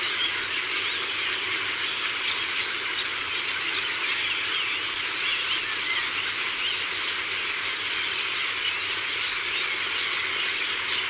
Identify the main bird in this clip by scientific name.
Sturnus vulgaris